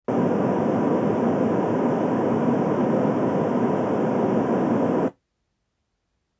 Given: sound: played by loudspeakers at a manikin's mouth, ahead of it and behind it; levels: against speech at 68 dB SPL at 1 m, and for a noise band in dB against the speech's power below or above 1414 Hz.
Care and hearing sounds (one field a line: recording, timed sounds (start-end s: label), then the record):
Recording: test signals for a remote microphone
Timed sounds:
0.08-5.08 s: speech-spectrum noise from the mouth, +10 dB
From the record:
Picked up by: measurement microphone